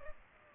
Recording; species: mosquito wingbeat signal from an infrared sensor; Culex pipiens